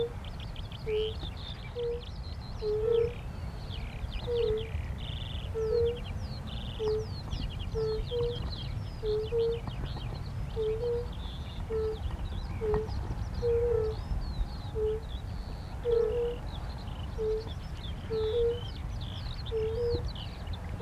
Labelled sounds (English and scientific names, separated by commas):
Fire-Bellied Toad (Bombina bombina) call